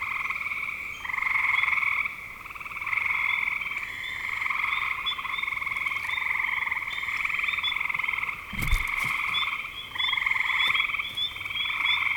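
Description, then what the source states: Frogs calling in a dense chorus of rapid, pulsing trills that swell and pause every few seconds, with a brief thump in the second half. Recorded in spring 2025.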